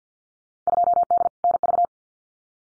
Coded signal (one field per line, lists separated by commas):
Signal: Morse code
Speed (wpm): 50 wpm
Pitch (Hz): 700 Hz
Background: none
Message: 2D NV